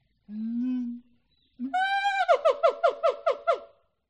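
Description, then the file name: Siamang giving a long low boom, then a long tonal note that breaks into a fast run of about eight sharp, descending yelps. "audio hero Monkey Siamang Monkey"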